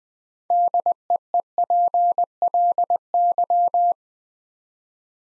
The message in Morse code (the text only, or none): DEEPLY